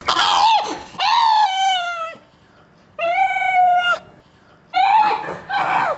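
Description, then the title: Dog crying in drawn-out, wailing whines, five harmonic cries in separate bursts with short silent gaps between them. "Universidad del Claustro de Sor Juana - Colegio de Comunicación - Sonoteca de México. PERRO LLANTO"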